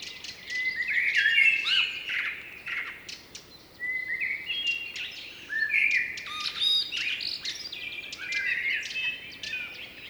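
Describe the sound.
Blackbird singing mellow warbling phrases in several bursts separated by short pauses, with sharp high chirps.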